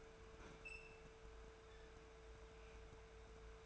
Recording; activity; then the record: daily activity, microphone in the room; open fridge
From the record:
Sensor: 2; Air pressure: 1014.8 hPa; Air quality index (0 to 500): 192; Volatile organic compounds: 16 ppm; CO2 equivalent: 2540 ppm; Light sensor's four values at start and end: 9/21/8/9 and 8/21/8/9